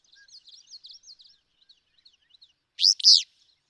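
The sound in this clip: Willow flycatcher song: a single loud, burry two-part phrase near the end, after a stretch of soft, high chattering.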